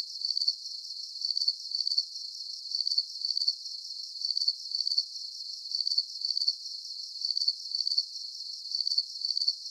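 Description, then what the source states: Insect chirping: high, pulsed chirps in quick groups, repeating steadily, with a faint continuous hiss underneath. Night-time background of insect chirping.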